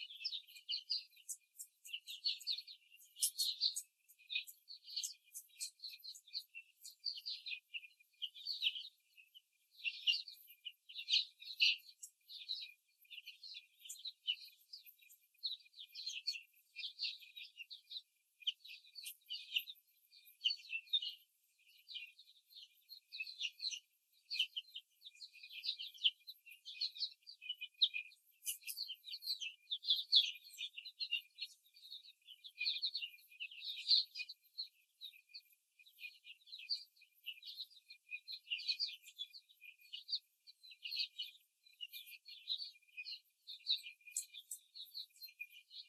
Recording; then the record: young laying hens in a cage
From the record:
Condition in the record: before the stressor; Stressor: simulated dog barking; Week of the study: 3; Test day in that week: 2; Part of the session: 1